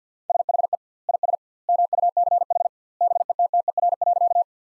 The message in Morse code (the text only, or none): SHE IS MUCH BETTER.